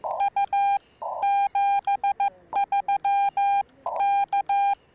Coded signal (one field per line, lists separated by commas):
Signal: Morse code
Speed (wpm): 15 wpm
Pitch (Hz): 800 Hz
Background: none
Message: U 73 K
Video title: Morse Code POTA Activation... In My Underwear?!?